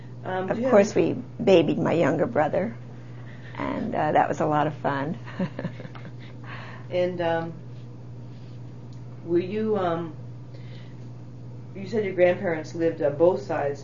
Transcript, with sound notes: Of course, we babied my younger brother, and that was a lot of fun. ( she laughs )
And were you, you said your grandparents lived on both sides.